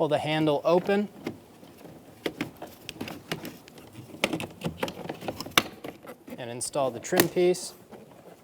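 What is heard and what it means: On a 2000-2007 Ford Focus front door, the inner door handle is pulled open and the plastic trim piece around the handle is handled and pressed into place while someone talks. Several short, sharp plastic taps and knocks are heard. Nothing has seated or clicked into place yet.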